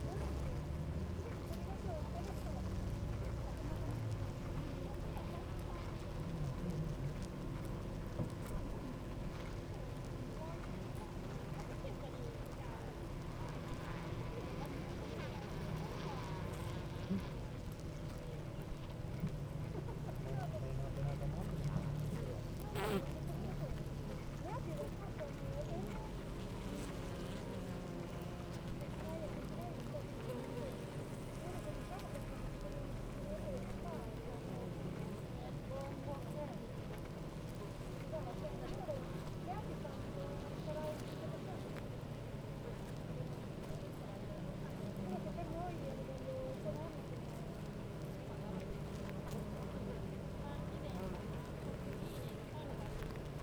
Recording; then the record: honeybee colony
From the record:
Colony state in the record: active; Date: 28 July 2017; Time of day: 9:12